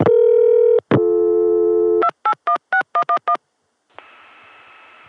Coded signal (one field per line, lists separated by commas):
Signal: DTMF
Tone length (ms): 90 ms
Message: 2816111